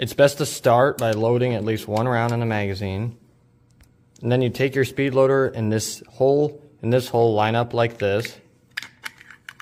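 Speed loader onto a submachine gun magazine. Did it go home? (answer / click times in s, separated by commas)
yes / 8.8 s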